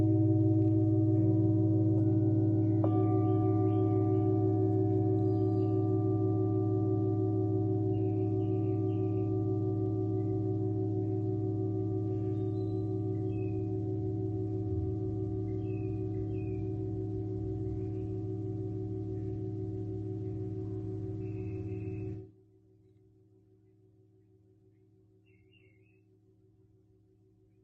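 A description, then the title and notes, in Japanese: A singing bowl rings with a deep, steady, layered hum that slowly fades, then cuts off abruptly at about 22 seconds. Small birds chirp lightly and intermittently in the background throughout, with one last brief chirp in the quiet near the end. メキシコから おやすみシンギングボウルのサウンドヒーリング。小鳥さんの声とSinging Bowlの音。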